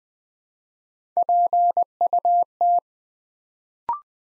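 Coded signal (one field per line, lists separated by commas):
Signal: Morse code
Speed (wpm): 20 wpm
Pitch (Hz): 700 Hz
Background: none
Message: PUT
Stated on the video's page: Morse code practice at 20 wpm, building 3- to 5-letter words one letter at a time, for instant character recognition.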